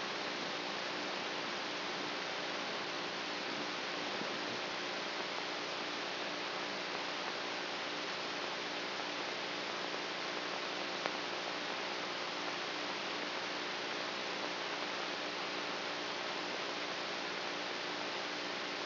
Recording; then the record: brain microelectrode recording played as sound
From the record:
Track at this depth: inside the subthalamic nucleus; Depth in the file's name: 3.004 mm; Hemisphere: right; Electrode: 3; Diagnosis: Parkinson's disease